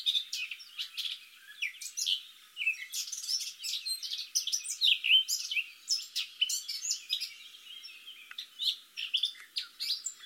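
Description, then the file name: Eurasian blackcap calling, dense overlapping high chips and scratchy slurred notes delivered almost continuously throughout, with only brief gaps. "Sylvia atricapilla"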